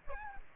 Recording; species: mosquito wingbeat signal from an infrared sensor; Aedes aegypti